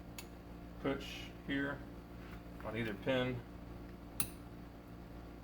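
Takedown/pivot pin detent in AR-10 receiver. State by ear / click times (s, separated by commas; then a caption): seated / 4.2 s. Someone pushes on the rear takedown and pivot pins of an AR-10 receiver chambered in 6.5 Creedmoor to check that the spring-loaded detents click into their notches, talking throughout. A sharp click at 4.2 s marks the detent seating, confirming the pins clicked into place, with the top one already perfect.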